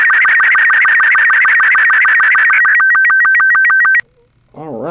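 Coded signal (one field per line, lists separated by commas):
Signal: SSTV (slow-scan television)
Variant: Robot 36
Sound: rapid warbling whistle tones trilling regularly between two pitches, then sudden stop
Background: quiet room hum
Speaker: so i'm going to go ahead and hit play and let it transmit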